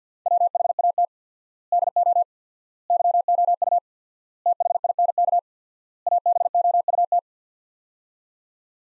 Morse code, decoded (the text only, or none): WHAT DO YOU THINK ABOUT